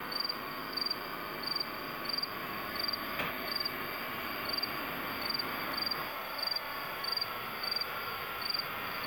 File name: montana